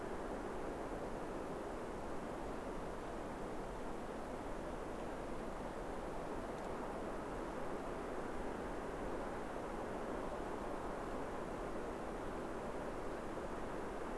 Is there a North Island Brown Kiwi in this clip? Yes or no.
no